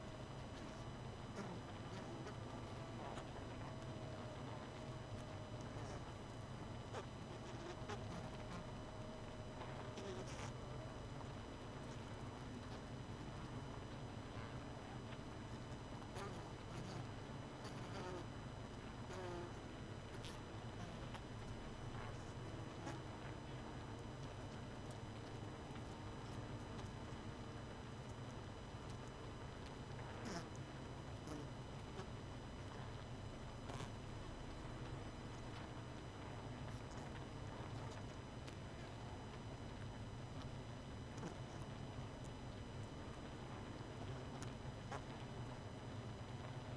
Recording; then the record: honeybee colony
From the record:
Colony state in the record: missing queen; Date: 31 May 2018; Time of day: 23:18